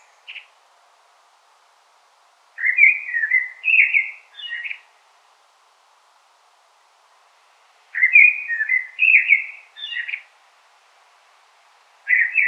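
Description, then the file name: Common blackbird singing two full fluted, warbling phrases about five seconds apart, each closing with a brief high twitter, with fragments of song at the start and end. "Turdus merula"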